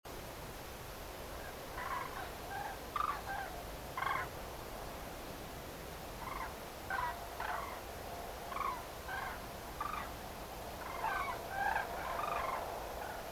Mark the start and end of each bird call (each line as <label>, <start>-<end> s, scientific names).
Grus grus, 1.31-1.52 s
Grus grus, 1.78-3.48 s
Grus grus, 3.96-4.25 s
Grus grus, 6.22-6.46 s
Grus grus, 6.89-7.13 s
Grus grus, 7.40-7.78 s
Grus grus, 8.51-8.77 s
Grus grus, 9.07-9.33 s
Grus grus, 9.79-10.05 s
Grus grus, 10.81-12.60 s
Grus grus, 13.00-13.19 s